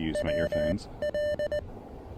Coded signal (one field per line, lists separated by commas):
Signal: Morse code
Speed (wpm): 19 wpm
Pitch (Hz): 600 Hz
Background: speech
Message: W L